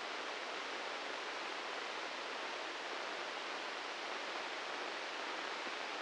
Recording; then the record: brain microelectrode recording played as sound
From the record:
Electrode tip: inside the subthalamic nucleus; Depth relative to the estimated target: 3 mm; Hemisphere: left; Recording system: NeuroSet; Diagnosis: Parkinson's disease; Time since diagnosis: 15 years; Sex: male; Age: 65 years